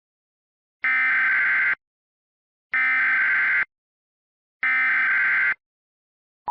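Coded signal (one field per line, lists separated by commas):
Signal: Emergency Alert System (SAME) tones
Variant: header bursts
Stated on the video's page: Fictional EAS scenario about the USA's self-demise, inspired by another scenario.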